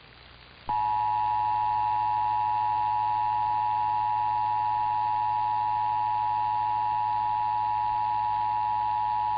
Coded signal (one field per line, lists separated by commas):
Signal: Emergency Alert System (SAME) tones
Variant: 853 and 960 Hz attention tone